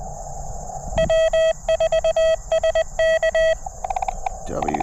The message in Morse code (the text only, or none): W4SK